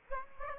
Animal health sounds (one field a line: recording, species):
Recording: mosquito wingbeat signal from an infrared sensor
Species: Aedes aegypti